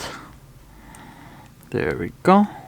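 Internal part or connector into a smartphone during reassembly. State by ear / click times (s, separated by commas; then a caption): not seated / none. An internal part or connector is handled during reassembly of a Samsung Galaxy S7 Edge smartphone after a battery replacement, with a faint brief tick near 0.9 s and someone talking toward the end. Nothing has seated or clicked into place yet.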